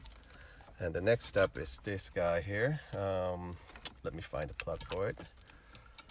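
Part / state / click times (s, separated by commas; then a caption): wiring harness plug into the car head unit socket / seated / 0.1 s, 0.2 s. A multi-pin wiring harness plug is pushed gently, with a wiggle so the pins don't bend, into its mating socket on an aftermarket Tesla head unit, giving two short, quiet clicks at 0.1 s and 0.2 s as it seats. Someone then talks over faint rattling until near the end.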